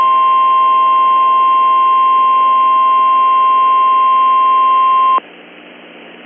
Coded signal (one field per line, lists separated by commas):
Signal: Emergency Alert System (SAME) tones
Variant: 1050 Hz attention tone